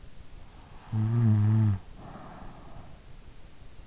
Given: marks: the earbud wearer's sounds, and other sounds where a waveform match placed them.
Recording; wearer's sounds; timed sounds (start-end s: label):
sounds in sleep by an in-ear microphone; snoring breath
0.83-3.08 s: snoring breath